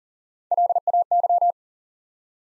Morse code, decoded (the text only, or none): LAY